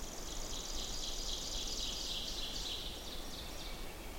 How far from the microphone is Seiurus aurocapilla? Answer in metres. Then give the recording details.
about 45 m. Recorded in boreal forest in Alberta, Canada, on 14 June 2016 at 07:25. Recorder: SongMeter 3, array SBT-3-33. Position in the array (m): 256 m, 267 m. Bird 22